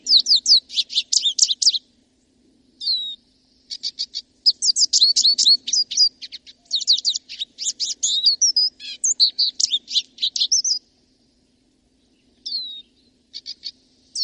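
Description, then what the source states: Lesser Goldfinch song, a rapid jumble of high twittering notes and slurred whistles in long bursts with brief pauses. Song heard all summer long; bird eats tiny seeds such as millet and dandelion.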